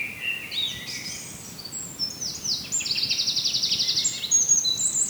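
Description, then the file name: Birds singing: short high chirps and sliding notes, then a long, rapid, dry trill lasting over a second, with more twittering near the end above soft hiss. "birds singing far sheeps"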